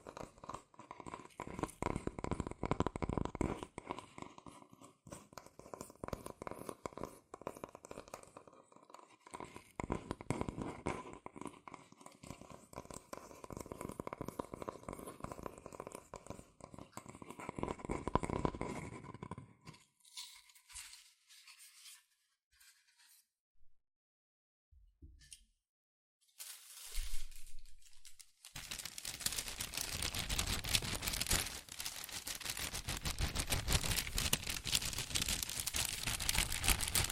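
Fast tapping and scratching on cardboard and paper, dense and rapid for the first twenty seconds with brief pauses near 4 and 9 seconds. A quiet gap follows, then from about 28 seconds a steady, hissing scrape of tracing continues to the end.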